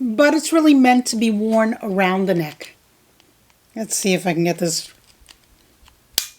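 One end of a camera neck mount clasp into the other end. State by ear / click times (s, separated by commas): seated / 6.2 s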